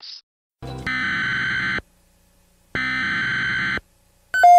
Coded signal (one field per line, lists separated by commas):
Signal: Emergency Alert System (SAME) tones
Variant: header bursts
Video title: EAS Scenario #5: Twister of Terror